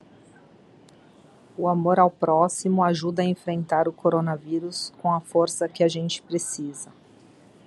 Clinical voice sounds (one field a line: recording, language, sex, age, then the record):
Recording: spoken sentence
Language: Brazilian Portuguese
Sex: female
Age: 40 to 49 years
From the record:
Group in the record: control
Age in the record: 42 years